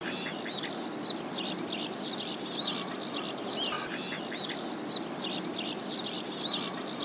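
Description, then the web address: Zitting cisticola giving sharp, high 'zit' notes repeated about three to four times a second in an even series. "izumino saunndo sekka"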